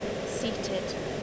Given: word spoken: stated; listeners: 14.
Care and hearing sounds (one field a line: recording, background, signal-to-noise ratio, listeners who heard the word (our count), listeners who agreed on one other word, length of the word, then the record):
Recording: one English word in noise, from a listening test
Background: speech-shaped noise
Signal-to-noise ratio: -4.2 dB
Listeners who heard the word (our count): 0 of 14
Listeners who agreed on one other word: 14 of 14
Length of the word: 0.83 s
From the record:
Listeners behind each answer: 14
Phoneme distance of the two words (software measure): 17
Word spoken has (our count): 2 syllables, 6 phonemes, stress on syllable 1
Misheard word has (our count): 2 syllables, 5 phonemes, stress on syllable 1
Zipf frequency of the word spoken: 3.73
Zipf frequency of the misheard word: 3.88